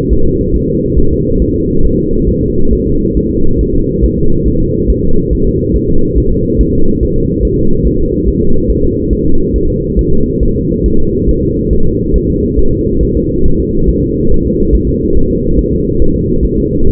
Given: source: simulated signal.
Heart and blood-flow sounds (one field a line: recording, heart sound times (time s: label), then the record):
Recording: fetal heart sounds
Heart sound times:
0.13 s: S1
0.27 s: S2
0.56 s: S1
0.70 s: S2
0.99 s: S1
1.13 s: S2
1.42 s: S1
1.56 s: S2
1.85 s: S1
1.99 s: S2
2.29 s: S1
2.43 s: S2
2.73 s: S1
2.87 s: S2
3.17 s: S1
3.31 s: S2
3.61 s: S1
3.75 s: S2
4.05 s: S1
4.19 s: S2
4.48 s: S1
4.62 s: S2
4.90 s: S1
5.04 s: S2
5.33 s: S1
5.47 s: S2
5.76 s: S1
5.90 s: S2
6.18 s: S1
6.32 s: S2
6.61 s: S1
6.75 s: S2
7.03 s: S1
7.17 s: S2
7.45 s: S1
7.59 s: S2
7.87 s: S1
8.01 s: S2
8.28 s: S1
8.42 s: S2
8.70 s: S1
8.84 s: S2
9.13 s: S1
9.27 s: S2
9.56 s: S1
9.70 s: S2
9.99 s: S1
10.13 s: S2
10.43 s: S1
10.57 s: S2
10.86 s: S1
11.00 s: S2
11.30 s: S1
11.44 s: S2
11.73 s: S1
11.87 s: S2
12.16 s: S1
12.30 s: S2
12.59 s: S1
12.73 s: S2
13.03 s: S1
13.17 s: S2
13.46 s: S1
13.60 s: S2
13.89 s: S1
14.03 s: S2
14.32 s: S1
14.46 s: S2
14.75 s: S1
14.89 s: S2
15.17 s: S1
15.31 s: S2
15.59 s: S1
15.73 s: S2
16.02 s: S1
16.16 s: S2
16.45 s: S1
16.59 s: S2
16.88 s: S1
From the record:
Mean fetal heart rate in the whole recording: 140 bpm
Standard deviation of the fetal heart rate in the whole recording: 2 bpm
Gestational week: 34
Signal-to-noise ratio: -19.1 dB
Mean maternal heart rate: 72 bpm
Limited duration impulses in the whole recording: present